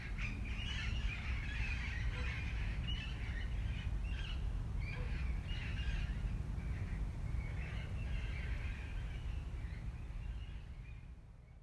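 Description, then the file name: Parakeets chattering with continuous scratchy squawks and chirps, softer and fading near the end, heavy low rumbling noise underneath. "FR-3 Parakeets"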